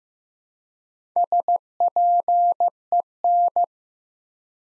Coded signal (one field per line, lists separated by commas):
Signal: Morse code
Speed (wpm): 15 wpm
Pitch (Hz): 700 Hz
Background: none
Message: SPEN